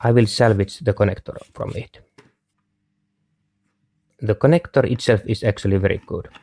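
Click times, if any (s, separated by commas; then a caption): none. Someone talks while handling a plastic connector salvaged from an old, almost useless charger, meant to slide onto a Makita 18V power tool battery. The speech stops for a quiet gap with a faint short sound near 2.2 s, then the talking resumes. The clip ends before the connector goes home, so nothing has seated or clicked yet.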